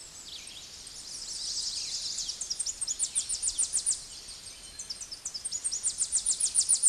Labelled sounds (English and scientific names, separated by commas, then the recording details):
Tennessee Warbler (Leiothlypis peregrina) song
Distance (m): 25 m
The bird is about 25 m above the microphone
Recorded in a Pennsylvania forest on 16 May 2024 at 09:56
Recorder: AudioMoth, point MSD-0407
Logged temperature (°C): 15.8 °C
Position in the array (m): 64 m, 171 m